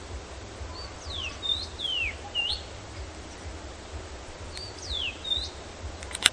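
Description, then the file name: Common rosefinch song: two clear whistled phrases of sliding, slurred notes, rising and falling, the second phrase repeating the first about three and a half seconds later, over low background hum. "Dmitry Kulakov - Obyknovennaya chechevica Carpodacus erythrinus"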